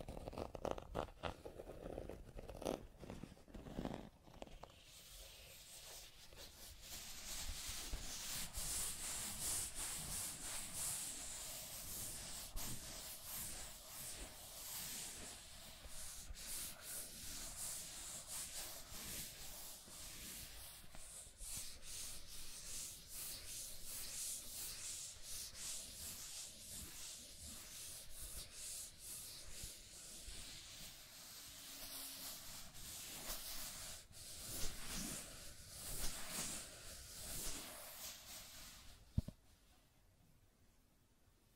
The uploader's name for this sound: Scratching and Tracing Sounds